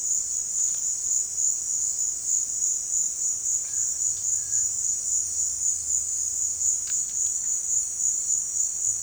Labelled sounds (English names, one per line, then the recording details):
none
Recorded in dense forest near Puerto Asís, Putumayo, Colombia, on 23 June 2025 at 17:00
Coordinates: 0.468, -76.322
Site GP03